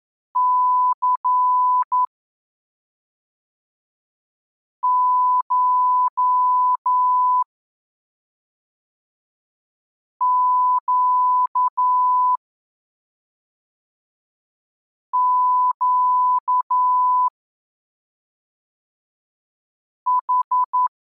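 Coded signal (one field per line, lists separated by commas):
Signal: Morse code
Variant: Russian alphabet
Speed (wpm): 10 wpm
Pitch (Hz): 1000 Hz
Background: none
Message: ЦШЩЩХ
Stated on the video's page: Morse lesson 11 covering the Russian letters Щ Ц Ь Х Ш.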